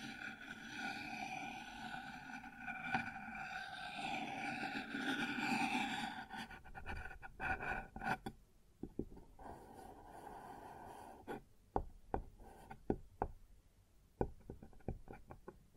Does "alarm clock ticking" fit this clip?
no